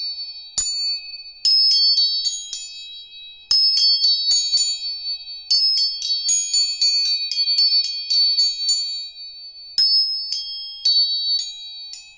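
Tuning forks are struck in quick bright clusters, each sharp tap leaving clear high tones ringing and overlapping, pausing briefly between bursts.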